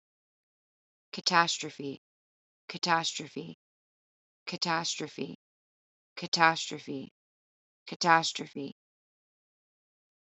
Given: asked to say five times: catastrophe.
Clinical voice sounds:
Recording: repeated word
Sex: female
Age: 30 to 39 years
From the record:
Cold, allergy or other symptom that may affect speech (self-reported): no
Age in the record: 37 years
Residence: California, United States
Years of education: 18

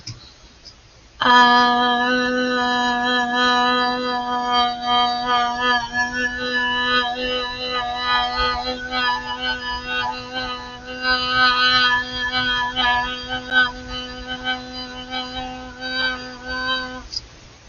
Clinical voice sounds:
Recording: vowel held as long as possible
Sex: female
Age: 20 to 29 years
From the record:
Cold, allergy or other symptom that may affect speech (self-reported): no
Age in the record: 23 years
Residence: Florida, United States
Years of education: 18

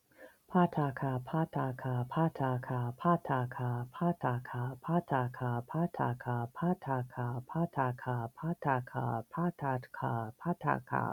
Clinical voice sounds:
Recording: repeated syllables /pa ta ka/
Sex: female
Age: 50 to 59 years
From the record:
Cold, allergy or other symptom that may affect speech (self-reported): no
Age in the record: 50 years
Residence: United States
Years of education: 14

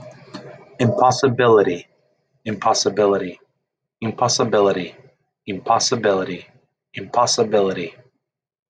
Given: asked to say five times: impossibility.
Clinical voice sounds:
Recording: repeated word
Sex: male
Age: 30 to 39 years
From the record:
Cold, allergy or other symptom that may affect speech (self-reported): no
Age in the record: 36 years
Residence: Pennsylvania, United States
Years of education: 16

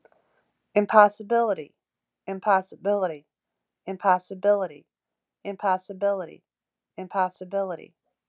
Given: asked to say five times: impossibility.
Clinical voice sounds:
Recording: repeated word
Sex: female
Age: 50 to 59 years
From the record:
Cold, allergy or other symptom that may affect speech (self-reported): no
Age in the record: 54 years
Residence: New York, United States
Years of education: 14

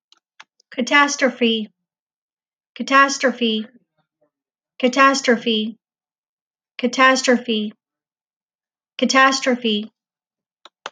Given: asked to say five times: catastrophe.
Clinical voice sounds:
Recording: repeated word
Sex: female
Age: 40 to 49 years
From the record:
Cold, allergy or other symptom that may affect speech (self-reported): no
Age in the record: 41 years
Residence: Texas, United States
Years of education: 14

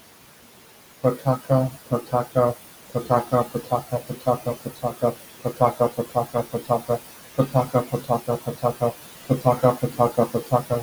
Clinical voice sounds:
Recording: repeated syllables /pa ta ka/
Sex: male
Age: 40 to 49 years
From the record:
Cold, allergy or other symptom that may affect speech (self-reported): no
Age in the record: 49 years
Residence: Texas, United States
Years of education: 16

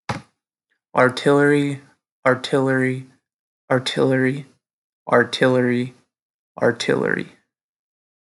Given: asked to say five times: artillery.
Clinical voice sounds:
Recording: repeated word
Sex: male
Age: 20 to 29 years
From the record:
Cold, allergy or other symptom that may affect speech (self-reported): no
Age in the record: 29 years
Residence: Iowa, United States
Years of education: 16

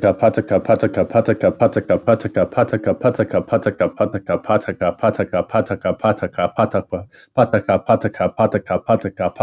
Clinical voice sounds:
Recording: repeated syllables /pa ta ka/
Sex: male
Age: 20 to 29 years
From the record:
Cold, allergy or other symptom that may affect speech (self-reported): no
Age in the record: 23 years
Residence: Minnesota, United States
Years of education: 16

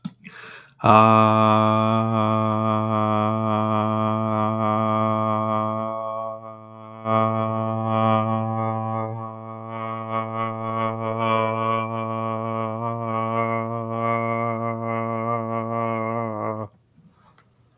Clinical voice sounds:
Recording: vowel held as long as possible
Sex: male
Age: 30 to 39 years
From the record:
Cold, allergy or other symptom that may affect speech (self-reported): no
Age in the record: 35 years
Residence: North Carolina, United States

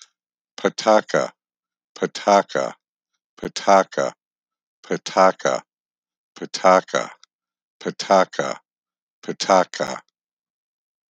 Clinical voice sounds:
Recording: repeated syllables /pa ta ka/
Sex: male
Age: 50 to 59 years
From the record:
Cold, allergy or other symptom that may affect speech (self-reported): no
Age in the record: 59 years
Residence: Illinois, United States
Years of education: 15

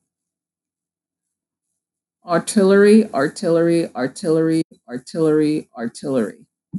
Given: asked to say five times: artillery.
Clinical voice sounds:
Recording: repeated word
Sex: female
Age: 30 to 39 years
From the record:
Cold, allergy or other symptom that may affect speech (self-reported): no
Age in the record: 36 years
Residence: Georgia, United States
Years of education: 16

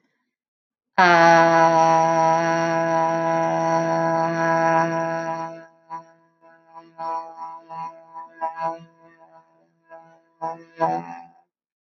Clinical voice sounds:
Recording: vowel held as long as possible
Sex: female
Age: 20 to 29 years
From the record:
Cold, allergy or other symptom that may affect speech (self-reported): no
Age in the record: 25 years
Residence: Connecticut, United States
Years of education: 16

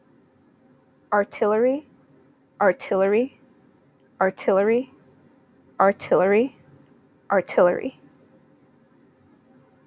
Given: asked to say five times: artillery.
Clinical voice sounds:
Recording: repeated word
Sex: female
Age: 20 to 29 years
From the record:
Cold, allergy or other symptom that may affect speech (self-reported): no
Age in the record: 23 years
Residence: Georgia, United States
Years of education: 15

